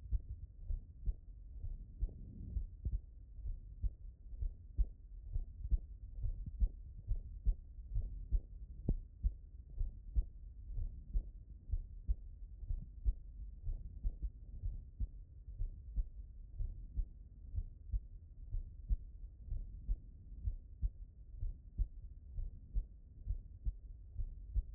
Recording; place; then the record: heart sounds by stethoscope; mitral valve (MV)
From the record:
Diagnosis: non-HFrEF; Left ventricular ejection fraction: 58%